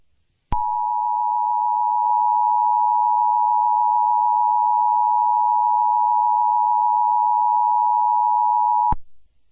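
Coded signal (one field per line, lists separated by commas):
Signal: Emergency Alert System (SAME) tones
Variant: 853 and 960 Hz attention tone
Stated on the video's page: Fictional EAS scenario, not a real alert.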